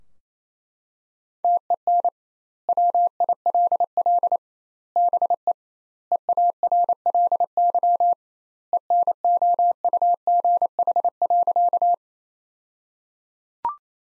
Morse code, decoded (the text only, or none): TEN WILL BE EARLY ENOUGH.